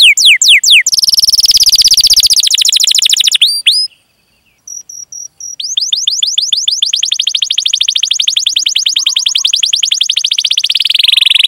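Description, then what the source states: Canary song with fast down-slurs, a pause broken by soft high pips, then a long, steady rolling trill. Singing in Indonesian songbird-keeping style, its varied song described as gacor with rich cengkok phrasing and fill-ins.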